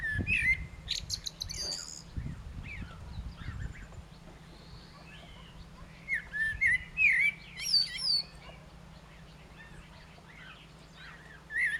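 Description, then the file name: Common blackbird song: fluted whistled notes and a high squeaky flourish over a steady low rumbling background noise that is loudest at the start. "Turdus merula"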